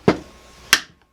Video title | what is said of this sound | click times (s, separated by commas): How To Make Your Own Custom Bucktail Jigs: Complete Start To Finish, Step By Step!!! | close it up you want to hear that click sound you want to look along the top make sure it's sealed up properly | 0.7 s